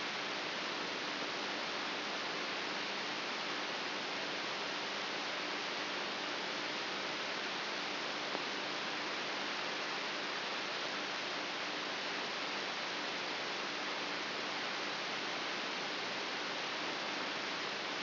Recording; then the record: brain microelectrode recording played as sound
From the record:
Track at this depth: inside the subthalamic nucleus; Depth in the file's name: 3.04 mm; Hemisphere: right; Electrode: 3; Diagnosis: Parkinson's disease